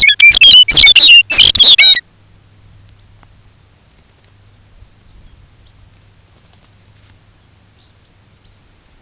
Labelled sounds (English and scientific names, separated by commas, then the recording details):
Lapland Longspur (Calcarius lapponicus), unidentified sound
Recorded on Arctic tundra, site UTQI-5, on 19 June 2019
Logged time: 22:00